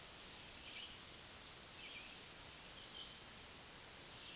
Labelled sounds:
Black-throated Green Warbler (Setophaga virens) song
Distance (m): 50 m
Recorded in a Pennsylvania forest on 1 June 2023 at 07:43
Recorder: AudioMoth, point grid3_39_low
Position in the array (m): 239 m, 196 m

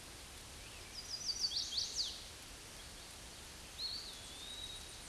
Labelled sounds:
Chestnut-sided Warbler (Setophaga pensylvanica) song
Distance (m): 35 m
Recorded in a Pennsylvania forest on 18 May 2023 at 06:20
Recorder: AudioMoth, point grid1_41_low
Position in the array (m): 120 m, 209 m

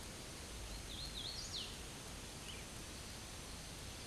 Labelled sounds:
Hooded Warbler (Setophaga citrina) song
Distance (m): 55 m
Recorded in a Pennsylvania forest on 18 May 2023 at 09:31
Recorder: AudioMoth, point grid1_34_low
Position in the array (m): 156 m, 111 m

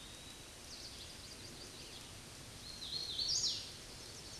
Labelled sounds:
Hooded Warbler (Setophaga citrina) song
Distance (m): 30 m
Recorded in a Pennsylvania forest on 18 May 2023 at 09:36
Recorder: AudioMoth, point grid1_11_low
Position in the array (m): 195 m, 80 m

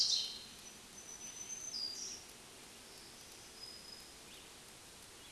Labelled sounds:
Black-throated Green Warbler (Setophaga virens) song
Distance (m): 25 m
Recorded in a Pennsylvania forest on 1 June 2023 at 08:58
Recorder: AudioMoth, point grid3_17_high
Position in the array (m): 213 m, 138 m

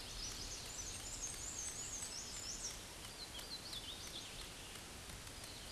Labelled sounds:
Black-and-white Warbler (Mniotilta varia) song
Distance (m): 30 m
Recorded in a Pennsylvania forest on 18 May 2023 at 14:00
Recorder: AudioMoth, point grid1_32_low
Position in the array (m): 85 m, 94 m

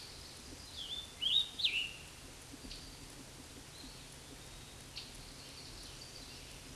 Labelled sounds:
Scarlet Tanager (Piranga olivacea) song
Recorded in a Pennsylvania forest on 19 May 2023 at 13:58
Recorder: AudioMoth, point grid1_7_low
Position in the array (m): 162 m, 64 m

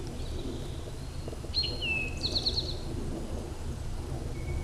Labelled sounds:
Eastern Towhee (Pipilo erythrophthalmus) song
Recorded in a Pennsylvania forest on 17 May 2023 at 13:24
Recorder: AudioMoth, point grid1_4_low
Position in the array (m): 46 m, 69 m

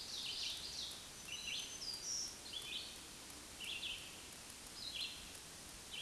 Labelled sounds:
Black-throated Green Warbler (Setophaga virens) song
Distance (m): 30 m
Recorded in a Pennsylvania forest on 1 June 2023 at 06:13
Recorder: AudioMoth, point grid3_16_high
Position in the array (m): 229 m, 154 m

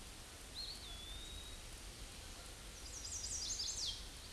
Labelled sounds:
Eastern Wood-Pewee (Contopus virens) song
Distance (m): 70 m
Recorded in a Pennsylvania forest on 18 May 2023 at 06:19
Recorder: AudioMoth, point grid1_33_low
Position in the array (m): 74 m, 199 m

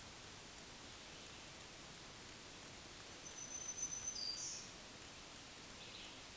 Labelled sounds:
Black-throated Green Warbler (Setophaga virens) song
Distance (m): 25 m
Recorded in a Pennsylvania forest on 1 June 2023 at 08:47
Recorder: AudioMoth, point grid3_1_high
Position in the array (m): 183 m, 21 m

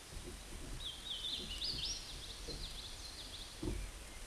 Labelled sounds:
Hooded Warbler (Setophaga citrina) song
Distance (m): 45 m
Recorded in a Pennsylvania forest on 18 May 2023 at 13:03
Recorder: AudioMoth, point grid1_33_low
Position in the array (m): 44 m, 180 m

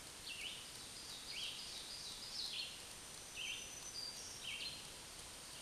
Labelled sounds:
Black-throated Green Warbler (Setophaga virens) song
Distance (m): 50 m
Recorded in a Pennsylvania forest on 1 June 2023 at 07:53
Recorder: AudioMoth, point grid3_11_high
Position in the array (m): 241 m, 133 m

